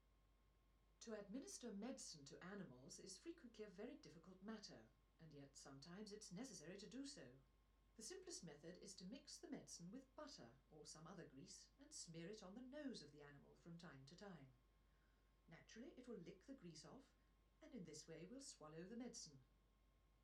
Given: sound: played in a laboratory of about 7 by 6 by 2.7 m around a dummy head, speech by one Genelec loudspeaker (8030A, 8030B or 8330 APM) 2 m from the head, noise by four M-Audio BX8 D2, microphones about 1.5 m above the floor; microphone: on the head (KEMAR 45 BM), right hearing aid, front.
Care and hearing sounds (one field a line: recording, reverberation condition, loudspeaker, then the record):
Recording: female speech in English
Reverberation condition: low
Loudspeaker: behind (180 degrees)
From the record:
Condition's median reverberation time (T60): about 310 ms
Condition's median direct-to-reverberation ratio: about 3.5 dB